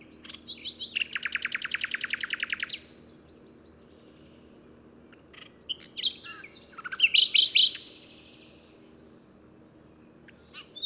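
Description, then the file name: Common nightingale singing a loud, fast buzzy trill lasting nearly two seconds, then a pause and a varied phrase of chirps and quick repeated notes. "Luscinia megarhynchos"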